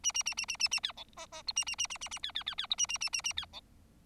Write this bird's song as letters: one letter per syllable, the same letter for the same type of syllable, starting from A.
A A A A A A A B C D D E A A A A A A B B B B E A A A A A B C